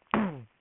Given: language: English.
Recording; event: throat vibration sensor signal played as sound; throat clearing